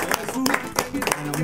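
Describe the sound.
A short burst of applause for a radio show's co-host, with loud, rhythmic hand claps landing a few times a second alongside cheering voices, steady and lively throughout.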